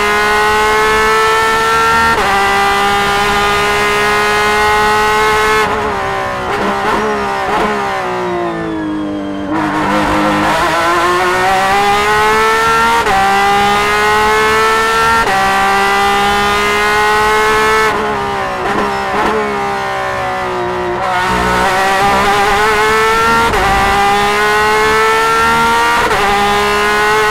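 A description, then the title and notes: Loud in-car sound of a race car engine howling without pause for the whole clip. Its pitch climbs steadily and drops sharply at each gear change, every few seconds, with a deeper slowdown and downshifts near ten and again near twenty seconds. Porsche 911 RSR In-Car Audio, Sebring. Taken from the tail of the championship-winning IMSA GT Le Mans machines during practice. We wanted to preserve the cry of the original 911 RSR, done by placing our recorder just above the screaming 4.0-liter flat-six engine's rear-facing exhaust fury.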